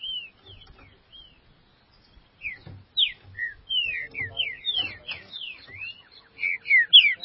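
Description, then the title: Green-winged saltator song: a few soft whistles, a pause, then a lively series of sweeping, downward-slurred whistled notes growing louder toward the end. "Trinca Ferro"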